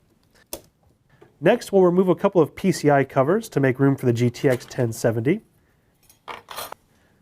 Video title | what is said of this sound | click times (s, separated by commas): ASUS MAXIMUS IX HERO LGA1151 DDR4 | Be sure to push firmly so they latch completely. | 0.5 s